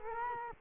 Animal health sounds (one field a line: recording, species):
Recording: mosquito wingbeat signal from an infrared sensor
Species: Culex quinquefasciatus